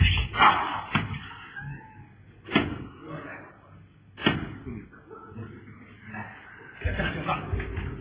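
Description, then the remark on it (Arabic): A few sharp, spaced-out knocks on a door in a stage play broadcast on Egyptian radio from Cairo, each a dull thud that rings briefly, set against a murky, muffled background with a short high-pitched whine near the start. “دقات على الباب وهو بيخبيهم ورا الستار في الاوضه.”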